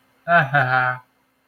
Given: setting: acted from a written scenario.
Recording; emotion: vocal sound without words; amusement